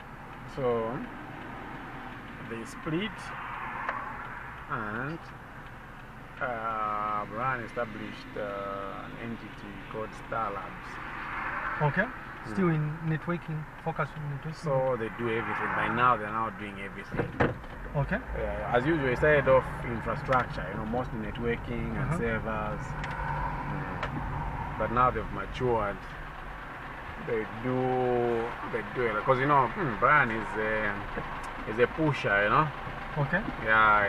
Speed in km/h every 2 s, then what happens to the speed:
0, 0, 0, 0, 0, 0, 0, 0, 0, 8, 15, 16, 16, 4, 0, 0, 0.
0-17 standing. 17-19 pulls away to 15. 19-24 steady at about 16. 24-27 brakes to 0. 27-34 standing.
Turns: 19-25.